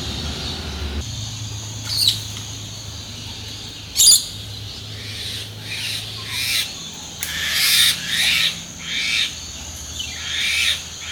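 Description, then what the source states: Parrots giving harsh, grating squawks, a few isolated at first then a rapid run of rasping calls, with a low steady hum underneath. Recorded in the morning, 2019.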